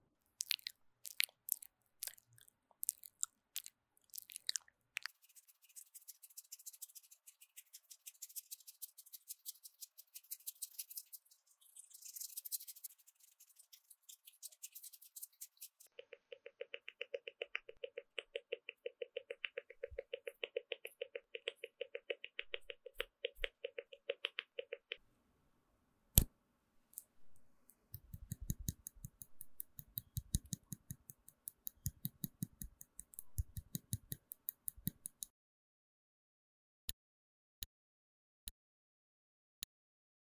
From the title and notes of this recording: 10分鐘快速上妝. Doing Your Makeup in 10 Minutes | NO Talking.